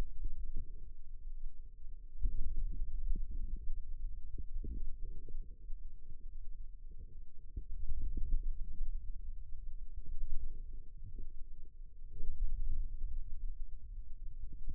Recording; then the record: forearm muscle sounds (acoustic myography)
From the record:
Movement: ulnar deviation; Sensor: system 2, bracelet of six BSWA MPA416 microphones around the upper forearm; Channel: 6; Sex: female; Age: 22 years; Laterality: right